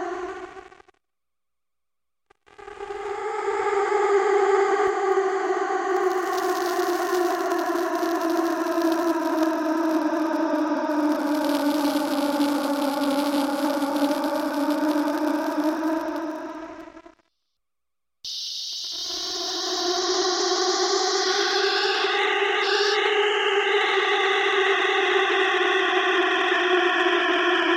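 A digital insect swarm drones in long, steady buzzing tones with stacked pitches, pausing twice briefly, then returning with a brighter whining layer on top.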